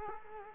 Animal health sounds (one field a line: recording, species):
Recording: mosquito wingbeat signal from an infrared sensor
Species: Culex quinquefasciatus